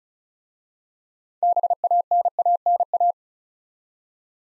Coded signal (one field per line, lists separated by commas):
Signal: Morse code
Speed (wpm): 36 wpm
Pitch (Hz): 700 Hz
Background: none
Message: BANANA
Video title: Easy Words with Hints - 35wpm